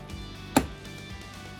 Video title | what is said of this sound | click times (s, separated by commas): 【MUST-HAVE】 Safety Gear for Motorcycle Riders丨Brake Free Helmet Brake Light Unboxing & Reviewing | will hear a click after it's settled it's pretty solid | 0.6 s